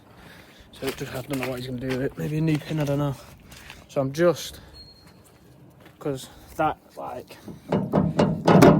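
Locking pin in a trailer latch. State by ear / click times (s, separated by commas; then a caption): not seated / none. Someone talks while handling the locking pin in a trailer latch; near the end come sharp knocks and thunks at about 8.0, 8.2 and 8.6 seconds. The pin will not lock in place and falls out instead of latching, so nothing has seated or clicked yet.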